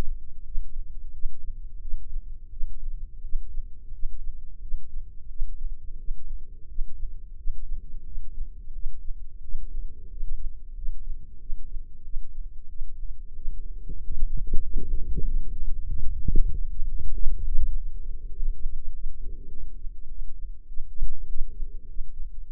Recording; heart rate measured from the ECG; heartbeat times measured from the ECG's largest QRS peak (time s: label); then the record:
heart sounds by microphone in the right ear; 93 bpm
0.43 s: heartbeat
1.12 s: heartbeat
1.80 s: heartbeat
2.50 s: heartbeat
3.21 s: heartbeat
3.91 s: heartbeat
4.60 s: heartbeat
5.28 s: heartbeat
5.97 s: heartbeat
6.67 s: heartbeat
7.35 s: heartbeat
8.04 s: heartbeat
8.72 s: heartbeat
9.41 s: heartbeat
10.08 s: heartbeat
10.74 s: heartbeat
11.38 s: heartbeat
12.02 s: heartbeat
12.67 s: heartbeat
13.33 s: heartbeat
13.98 s: heartbeat
14.62 s: heartbeat
15.24 s: heartbeat
15.87 s: heartbeat
16.50 s: heartbeat
17.12 s: heartbeat
17.73 s: heartbeat
18.33 s: heartbeat
18.91 s: heartbeat
19.49 s: heartbeat
20.08 s: heartbeat
20.66 s: heartbeat
21.26 s: heartbeat
21.86 s: heartbeat
22.46 s: heartbeat
From the record:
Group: healthy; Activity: rest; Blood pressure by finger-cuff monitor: 111/68 mmHg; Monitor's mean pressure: 79 mmHg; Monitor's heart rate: 92 bpm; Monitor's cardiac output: 7.9 L/min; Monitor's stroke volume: 86 mL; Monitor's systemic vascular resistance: 730 dyn s/cm5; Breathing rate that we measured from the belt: 16 breaths a minute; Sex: male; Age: 19 years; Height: 178 cm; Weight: 83 kg